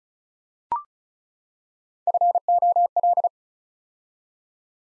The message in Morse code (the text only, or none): FOL